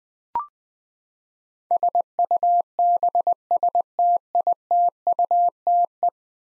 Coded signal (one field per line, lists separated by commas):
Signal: Morse code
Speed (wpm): 21 wpm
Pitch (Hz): 700 Hz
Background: none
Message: SUBSTITUTE